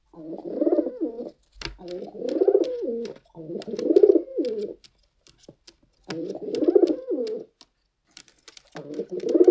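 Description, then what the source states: Pigeon cooing in low, rolling, throaty phrases separated by short pauses, with faint clicks and taps between them. Pigeon walking while cooing.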